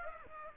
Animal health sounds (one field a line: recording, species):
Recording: mosquito wingbeat signal from an infrared sensor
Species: Aedes aegypti